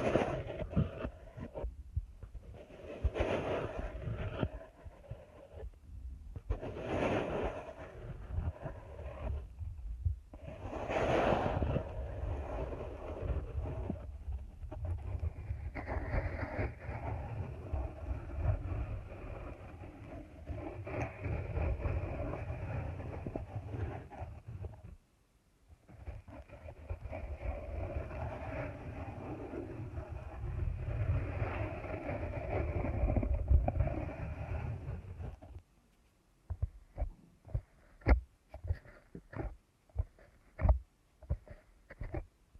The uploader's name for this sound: ASMR Deep Ear Canal Massage